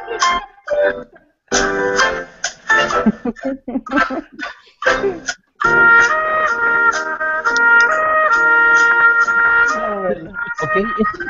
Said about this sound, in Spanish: Y pues estamos a punto de empezar con un celular que se escucha de fondo.